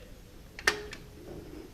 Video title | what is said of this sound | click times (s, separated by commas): Interactive Kartause Tour | you want to gently close the latch and listen for the cliq | 0.7 s